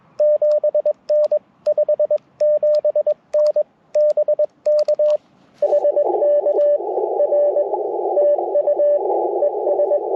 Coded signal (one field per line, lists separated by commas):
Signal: Morse code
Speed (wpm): 22 wpm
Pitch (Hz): 590 Hz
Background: radio noise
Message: 7N 57N BK HK R TU ES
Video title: Icom IC-705 First Impressions - QRP CW POTA 9/24/23 @ Tuskegee National Forest (K-4451)